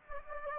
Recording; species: mosquito wingbeat signal from an infrared sensor; Anopheles gambiae